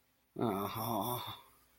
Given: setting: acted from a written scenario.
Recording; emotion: vocal sound without words; sadness